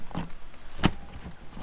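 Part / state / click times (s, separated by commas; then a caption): plastic trim clips on the tailgate trim into body holes / not seated / none. Plastic tailgate and rear boot hinge trim is handled with its trim clips and locating lugs lined up to the body holes, with a few soft knocks and rustles, the sharpest near 0.9 s. Nothing has seated or clicked yet.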